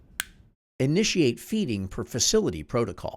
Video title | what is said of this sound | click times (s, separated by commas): ENFit Salem Sump with MFP Video - Cardinal Health | of the feed Port listen for an audible click | 0.2 s